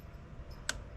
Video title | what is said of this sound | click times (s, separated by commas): Changer bougies préchauffage RENAULT KANGOO 2 1.5 DCI | as you hear the little click there | 0.7 s